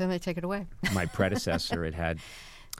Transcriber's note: laughter